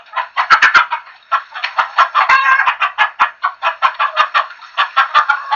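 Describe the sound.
Chickens clucking, many overlapping short clucks in quick bursts several times a second, with a few sharp taps or clicks mixed in.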